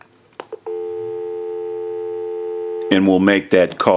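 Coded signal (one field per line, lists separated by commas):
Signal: telephone call progress tone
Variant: North America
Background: speech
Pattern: dial tone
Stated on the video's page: Heard on a Snoopy & Woodstock telephone during its initial checkout and repair.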